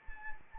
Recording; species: mosquito wingbeat signal from an infrared sensor; Anopheles arabiensis